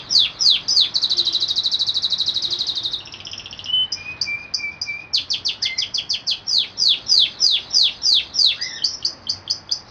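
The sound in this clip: Canary song with a dense rapid trill, a lower buzzy phrase and whistles, followed by a long run of quick repeated downward-sweeping notes.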